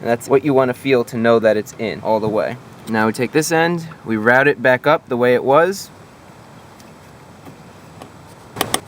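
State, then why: Seated. Someone talks while routing the other end of a new Bosch spark plug wire, prelubed with dielectric grease, back up on a Ford Ranger / Mazda B3000, and then it goes quiet. The wire's rubber boot over a metal terminal is pushed onto the distributor cap tower. Two sharp clicks at 8.6 s and 8.7 s show it has seated.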